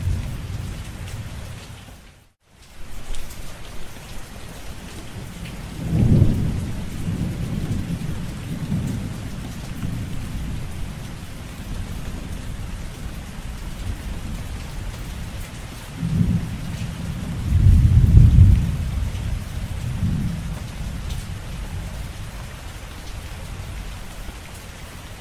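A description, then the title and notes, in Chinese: Steady rain hisses throughout while low thunder rumbles roll in around six seconds and again, louder, near eighteen seconds, after a brief dropout. 自然·白噪音 雷雨。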